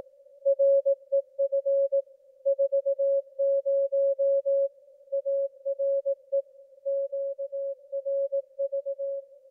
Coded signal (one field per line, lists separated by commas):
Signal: Morse code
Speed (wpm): 18 wpm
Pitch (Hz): 550 Hz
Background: music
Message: REF 40 ARE QRV